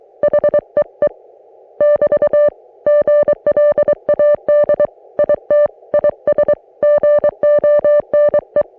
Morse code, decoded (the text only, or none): HEE <BT> GLAD IT IS GONE